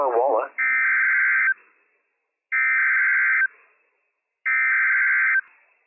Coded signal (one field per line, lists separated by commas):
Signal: Emergency Alert System (SAME) tones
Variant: header bursts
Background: speech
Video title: Flash Flood Warning + Severe Thunderstorm Warning - WWF56 - EAS #241-242 - 7/3/22